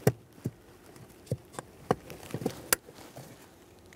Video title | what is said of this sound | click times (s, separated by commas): How to Replace Blower Motor Resistor 2007-2013 Acura MDX | I heard an audible click | 2.7 s